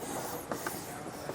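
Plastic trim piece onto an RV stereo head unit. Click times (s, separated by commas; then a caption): 0.5 s, 0.7 s. A plastic trim piece is pressed onto a Jensen double DIN RV stereo head unit in a 2011 SunnyBrook Brookside fifth wheel, after its protective wrappers have been peeled off. Two quiet, short snaps are heard at 0.5 s and 0.7 s over a steady broadband hiss. The trim piece snaps into place and is seated.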